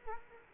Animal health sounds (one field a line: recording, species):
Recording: mosquito wingbeat signal from an infrared sensor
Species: Culex quinquefasciatus